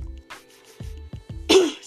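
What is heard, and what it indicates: A few low throaty thumps, then one sharp noisy burst like a single cough or throat clear, from an adult woman whose voice is raspy because of allergies.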